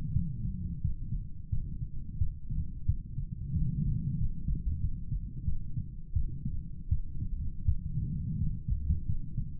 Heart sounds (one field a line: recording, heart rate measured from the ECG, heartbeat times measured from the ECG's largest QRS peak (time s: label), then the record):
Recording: heart sounds by stethoscope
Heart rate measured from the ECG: 87 bpm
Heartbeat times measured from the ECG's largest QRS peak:
0.13 s: heartbeat
0.81 s: heartbeat
1.50 s: heartbeat
2.18 s: heartbeat
2.86 s: heartbeat
3.54 s: heartbeat
4.18 s: heartbeat
4.80 s: heartbeat
5.45 s: heartbeat
6.13 s: heartbeat
6.89 s: heartbeat
7.65 s: heartbeat
8.38 s: heartbeat
9.06 s: heartbeat
From the record:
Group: healthy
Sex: male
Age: 35 years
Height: 178 cm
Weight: 64 kg